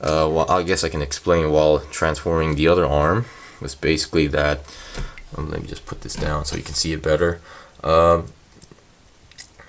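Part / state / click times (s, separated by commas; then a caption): plastic arm part latching into a model kit arm joint / seated / 8.6 s. Someone talks while transforming the second arm of a plastic MG Delta Plus Gundam model kit, pulling a part down and latching it back inside the arm joint. A sharp click at 8.6 s marks the part seating in place.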